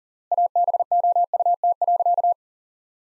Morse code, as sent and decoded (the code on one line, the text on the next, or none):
.- -... --- ..- - .-.-.-
ABOUT.